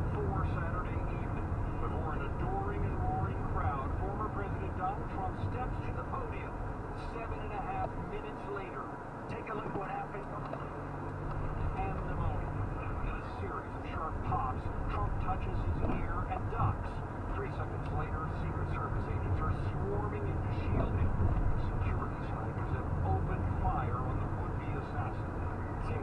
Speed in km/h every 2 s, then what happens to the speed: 24, 23, 18, 10, 0, 8, 13, 13, 15, 21, 21, 21, 18.
0-7 slows to 0. 7-18 speeds up to 21.